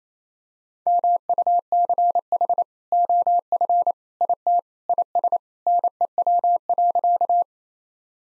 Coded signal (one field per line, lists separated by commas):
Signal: Morse code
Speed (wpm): 28 wpm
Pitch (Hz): 700 Hz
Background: none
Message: MUCH OF IT IS NEW.